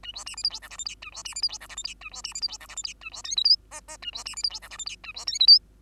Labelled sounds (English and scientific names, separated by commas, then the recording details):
Bengalese Finch (Lonchura striata domestica) song
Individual Bird2